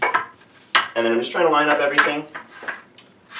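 Two 5-hole wooden building planks are lined up parallel, grooves down and smooth side up, as they are fitted into a wooden toy construction frame. Short wooden knocks and rubbing are heard while someone talks, with a faint tap near 3.0 s. Nothing has seated or clicked into place yet.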